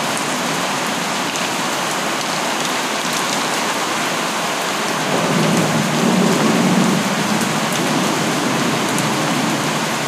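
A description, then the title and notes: Steady natural rain falls as a dense, even hiss across the whole clip, with fine crackling patter from drops hitting a surface. Around the middle a slightly louder, lower rushing swell joins in for a few seconds before settling back. Natural rain.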